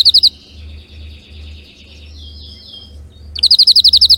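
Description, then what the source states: Canary (Spanish Timbrado): canary song: a rapid high trill opens, then softer buzzy and churring phrases, ending with a loud trill of quick repeated notes; low hum underneath. Belgian canary, Spanish Timbrado breed, singing.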